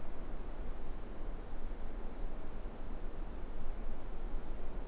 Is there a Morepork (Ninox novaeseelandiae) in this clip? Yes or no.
no